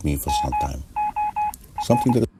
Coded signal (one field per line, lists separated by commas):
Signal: Morse code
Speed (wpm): 21 wpm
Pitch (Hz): 840 Hz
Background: speech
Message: MOR